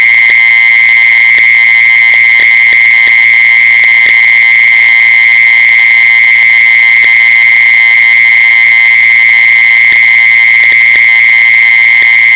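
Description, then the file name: Mole cricket producing a long, uninterrupted buzzing trill at one steady pitch, accompanied by occasional light clicks. "tieng de trui de chui"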